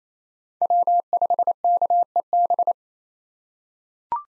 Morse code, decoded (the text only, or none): W5KEB